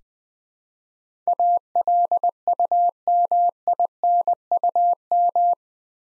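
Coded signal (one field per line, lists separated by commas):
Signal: Morse code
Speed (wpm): 20 wpm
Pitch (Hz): 700 Hz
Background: none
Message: ALUMINUM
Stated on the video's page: Morse practice at 20 wpm building 8-letter words two letters at a time.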